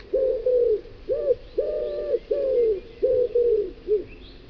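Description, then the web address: Common wood pigeon cooing, a run of soft, low hooting phrases, some doubled and some single, sliding slightly downward, given steadily over several seconds. "cianscape. Deverinetal"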